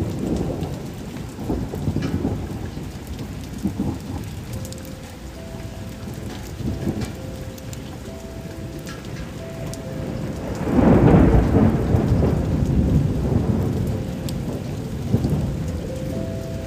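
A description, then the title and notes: Rain falls steadily, a dense low patter that never lets up. Deep rumbles swell through it, the strongest around the eleventh second, like thunder rolling. Faint thin tones hum on and off in the background from about five seconds onward. Sound Of Rain - Sonido de Lluvia.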